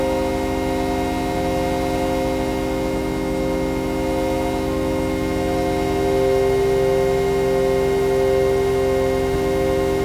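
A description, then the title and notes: Electromagnetic signals from an underground train in motion form a dense, steady drone of stacked electrical tones and hum. Bright whining tones hold level across the whole stretch. Around the middle the low pulsing shifts and wavers, like the motor changing pace, then settles again. EM signals produced by a Northern Line tube train whilst travailing at rush hour between Elephant & Castle and Moorgate. The signals were captured with the use of an EM coil pick up.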